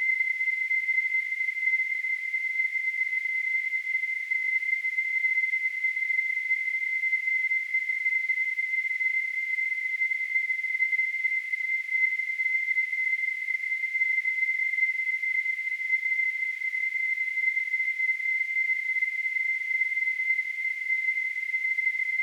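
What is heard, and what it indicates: A steady, unchanging high-pitched whistle-like tone sits over a faint hiss, holding constant for about 22 seconds. It is a simulation of tinnitus, the ringing or hissing sound heard in the ears without any outside source.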